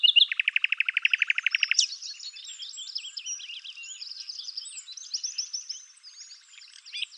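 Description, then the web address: Bird song: opens with a fast, even trill, then turns into a long, varied, squeaky warble of high chirps. "cianscape birddata Deverinetal 2025 Bird Lu Me Lu Me"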